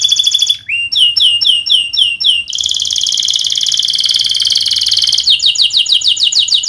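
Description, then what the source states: Canary song: high sweeping notes repeated rapidly, then a long dense buzzing roll lasting over two seconds, followed by fast downslurred trills. Canary (kenari) in active full song ('gacor'), featuring prized melodic turns ('cengkok') and fill phrases ('isian'), from the Indonesian songbird hobby scene.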